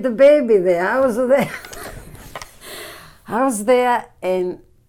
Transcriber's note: chuckles